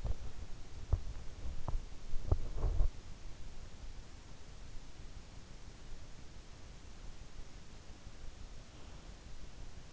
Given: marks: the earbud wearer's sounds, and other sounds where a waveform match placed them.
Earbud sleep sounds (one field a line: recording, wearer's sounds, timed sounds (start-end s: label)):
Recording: sounds in sleep by an in-ear microphone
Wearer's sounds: teeth grinding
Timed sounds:
0.00-3.08 s: teeth grinding